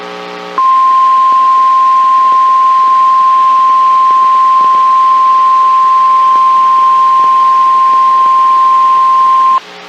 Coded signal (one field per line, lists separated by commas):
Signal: Emergency Alert System (SAME) tones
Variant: 1050 Hz attention tone